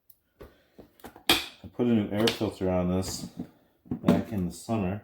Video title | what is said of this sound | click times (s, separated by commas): 1985 Honda ATC 200X Leaky Carb Fix / Repair. Keep your gas in the tank, not on the floor! | Okay, that snaps back in there. | 1.3 s